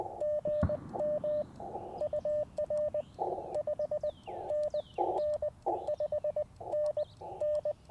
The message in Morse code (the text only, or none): GM UR 5NN 5NN